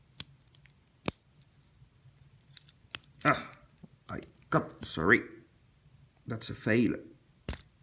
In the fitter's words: Okay, so yeah, a nice click on the bracelet.